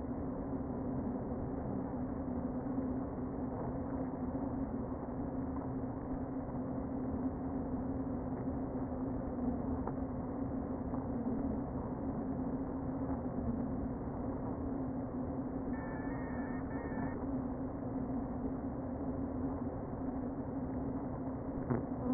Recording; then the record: honeybee colony, microphone inside the hive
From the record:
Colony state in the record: queen present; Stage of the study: before two queens were removed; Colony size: about 60,000 bees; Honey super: yes